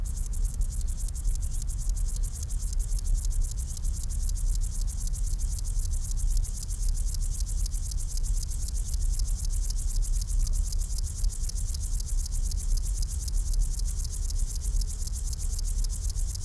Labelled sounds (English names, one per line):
Upland Field Grasshopper stridulation